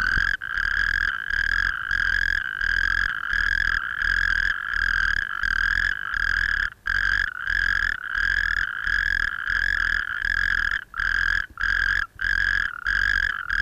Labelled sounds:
Natterjack Toad call
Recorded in the wild
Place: Kirchhain, DE
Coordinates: 50.8228, 8.92083
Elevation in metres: 220
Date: 1964-05-25 21:00
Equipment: Uher Report 4000, AKG D190
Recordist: Krey, Winfried

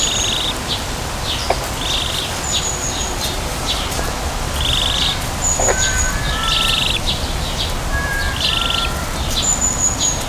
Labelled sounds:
Red-crowned Crane call
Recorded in captivity
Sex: diverse
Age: diverse
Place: Zoo Berlin, Berlin, DE
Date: 1999-07-28 16:16
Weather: heiter, 24-26°C
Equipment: Sony WM-D6C, Sennheiser ME 80, Kopie Uher 4000 Report Monitor
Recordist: Tembrock, Günter

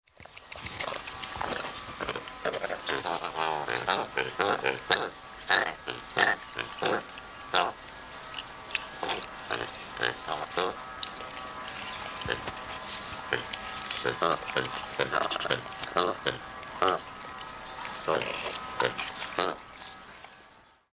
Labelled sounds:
Hamadryas Baboon
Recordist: Tembrock, Günter
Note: Rufe eines Männchens

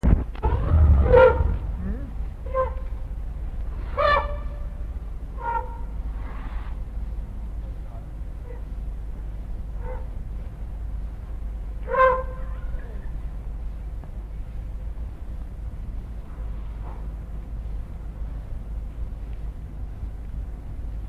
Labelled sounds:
Asian Elephant
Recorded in captivity
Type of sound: trumpet call, defence call
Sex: female
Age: adult
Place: Zoo Berlin, Berlin, DE
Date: 1961-01-14 15:30
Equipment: Minifon, Kopie Smaragd
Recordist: Tembrock, Günter
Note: Asiatischer Elefant: Kuh: Trompeten, als Wärter das Tier "beschimpft"; Abwehr. Abstand 8 bis 10 m

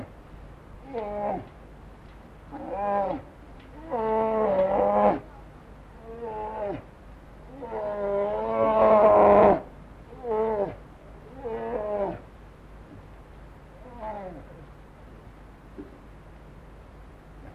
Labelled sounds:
Brown Bear call
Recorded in captivity
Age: adult
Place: Zoo Berlin, Berlin, DE
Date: 1960-10-08 14:00
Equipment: Minifon, Kopie Smaragd
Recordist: Tembrock, Günter
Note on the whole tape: Vor der Fütterung, beide laufen am Gitter (Wärter füttert im Nachbarkäfig), kleineres Tier mit Abwehrlauten gegen das größere, Lautgebung beendet nach Erhalt des Futters. Abstand 3-4 m

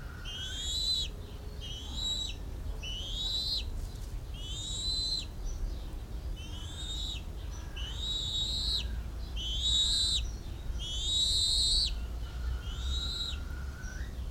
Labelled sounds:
Bald Eagle
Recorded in captivity
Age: juvenile
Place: Zoo Berlin, Berlin, DE
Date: 1994-07-02 10:44
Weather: sonnig, 18-24°C
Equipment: Marantz CP 430, Sennheiser ME 80, Kopie Uher Variocord 263
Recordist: Tembrock, Günter
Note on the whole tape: Ca. 6 Wochen alte Tiere: "Bettellaute" - Entfernung 2 m, dann Fütterung durch Pflegerin

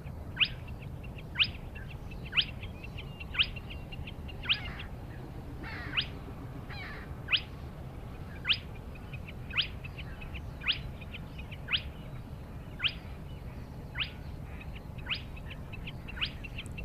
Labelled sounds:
Spotted Crake
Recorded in the wild
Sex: male
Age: adult
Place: Schwedt/Oder, Nationalpark Unteres Odertal, Brandenburg, DE
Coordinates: 53.1044, 14.3492
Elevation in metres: 1
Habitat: wetland
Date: 2015-04-23 04:45
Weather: clear, 4°C, almost windless
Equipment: Sound Devices 702, Sennheiser MKH 70, Rycote Windschutz
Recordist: Frommolt, Karl-Heinz

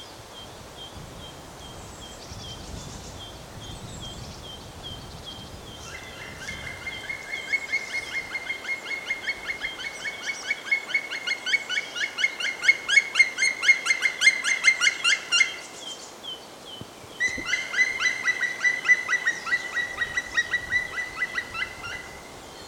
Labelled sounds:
Black Woodpecker
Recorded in the wild
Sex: male
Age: adult
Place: Bernau bei Berlin, Barnim, Brandenburg, DE
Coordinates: 52.6598, 13.6494
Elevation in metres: 88
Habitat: deciduous forest
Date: 2021-02-21 08:21
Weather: clear, 1-3°C, weak wind
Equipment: Olympus LS3, Olympus ME31
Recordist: Frommolt, Karl-Heinz

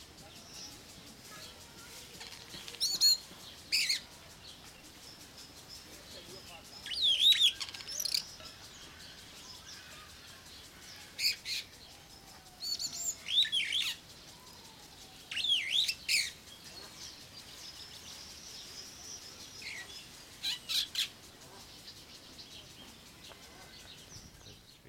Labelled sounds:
Superb Starling
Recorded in captivity
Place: Zoo Berlin, Berlin, DE
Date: 1992-06-06 11:39
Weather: sonnig, 24-28° C
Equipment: Nagra SN, Mikrofon AKG CK 8, Kopie Tesla B 116
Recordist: Tembrock, Günter

